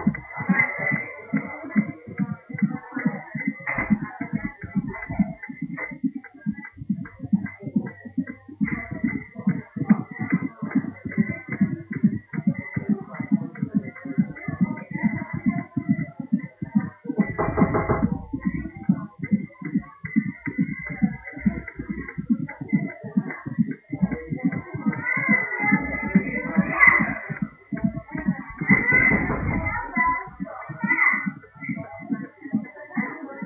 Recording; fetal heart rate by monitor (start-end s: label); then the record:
fetal heart sounds by stethoscope on the mother's abdomen
0.00-10.00 s: 144 bpm
10.00-20.00 s: 140 bpm
20.00-30.00 s: 145 bpm
From the record:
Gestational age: 32 weeks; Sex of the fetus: twin girls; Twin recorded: left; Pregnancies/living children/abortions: 1/0/0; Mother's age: 20 years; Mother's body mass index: 25.0